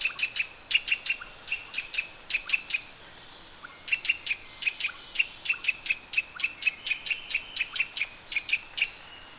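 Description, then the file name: Eurasian nuthatch giving sharp, ringing notes in rapid repeated runs, with a short pause after about three seconds. "Sitta europaea"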